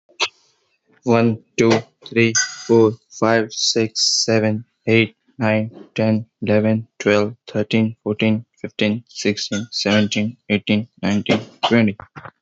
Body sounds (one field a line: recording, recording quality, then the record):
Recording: counting at a normal pace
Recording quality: moderate, slight background noise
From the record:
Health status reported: healthy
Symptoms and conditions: none ticked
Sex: male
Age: 25 years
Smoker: not ticked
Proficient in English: yes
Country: India